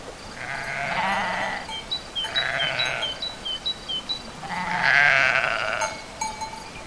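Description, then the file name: Sheep bleating, three long wavering bleats, with small birds chirping high and bright in the gaps between them. Sheep alongside birds at a farm ('chez le maitre') on 29 April 2011. "oiseaux moutons chez le maitre 29 04 11"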